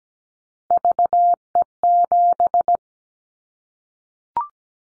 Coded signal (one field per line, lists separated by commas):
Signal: Morse code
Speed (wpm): 17 wpm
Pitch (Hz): 700 Hz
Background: none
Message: VE7